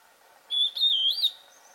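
Antbird giving one brief whistled song phrase, a flat tone followed by an undulating, slightly rising section, set against soft background noise.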